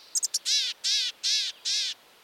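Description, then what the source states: Gray-headed Chickadee calling: three quick high thin notes followed by four harsh, buzzy drawn-out notes at an even pace. Found in the extreme northwest corner of the continent, north of the Arctic Circle.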